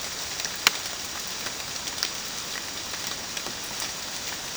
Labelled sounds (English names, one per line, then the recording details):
none
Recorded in dense forest near Puerto Asís, Putumayo, Colombia, on 19 June 2025 at 16:00
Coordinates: 0.484, -76.317
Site G045